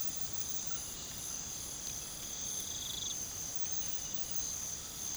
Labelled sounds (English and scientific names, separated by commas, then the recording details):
none
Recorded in pastures near Puerto Asís, Putumayo, Colombia, on 8 March 2025 at 04:00
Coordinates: 0.486, -76.323
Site G075